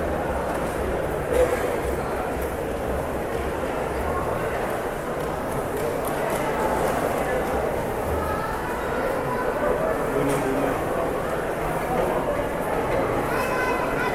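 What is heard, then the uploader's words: Mall ambient noise: a steady, dense wash of many overlapping voices chattering at once, with no single speaker standing out. The level stays even throughout, with a low rumble underneath and a few brief clicks and knocks, one near the start and another around ten seconds. MALL AMBIENT NOISE.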